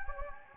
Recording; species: mosquito wingbeat signal from an infrared sensor; Anopheles gambiae